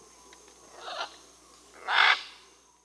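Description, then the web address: Scarlet macaw giving two harsh, raucous squawks about a second apart, the first softer and shorter, the second loud and broad. Recorded in Peru. "S America Scarlet Macaw (Ara macao), Peru"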